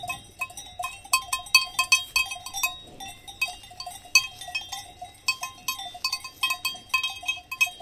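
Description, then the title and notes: Cow bells clank irregularly as cows feed, bright metallic rings in quick uneven bursts. Cows feeding with clanking cow bells in Valle Pramper, Dolomites. "The curious cows of Valle Pramper. Recorded by Cities and Memory"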